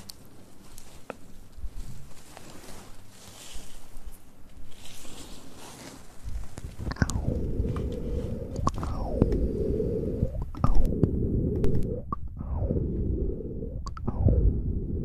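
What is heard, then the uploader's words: Mouth sounds and ear play: soft rustling and faint clicks at first, then from about seven seconds, repeated wet, swooping squishes roughly every two seconds. ASMR Mouth Sounds & Ear Play.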